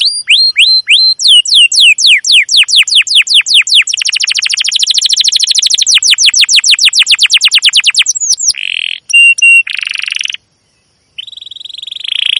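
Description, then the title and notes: Domestic canary singing a rapid run of chirps that blends into a dense rolling trill, followed by short whistles and buzzy rattling phrases. Domestic canary with long, energetic chirping song, used as a lure recording to train and tutor young canaries learning song. "CUIT CUIT NGEROL LANGSUNG GACOR PANJANG Kenari Ini AMPUH Utk Pancingan KENAR. PANCINGAN Kenari GACOR PANJANG Cuit CUIT EMOSI ini AMPUH utk MASTERAN Kenari PAUD belajar BUNYI. burung kenari"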